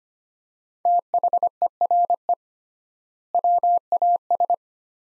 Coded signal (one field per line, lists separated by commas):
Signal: Morse code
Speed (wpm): 25 wpm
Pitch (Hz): 700 Hz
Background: none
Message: THERE WAS